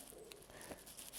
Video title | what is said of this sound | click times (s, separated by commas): Rocky Mountain temporary install instructions 6 bolt | you just heard this audible click this was when the teeth were slightly misaligned but still went in | 0.3 s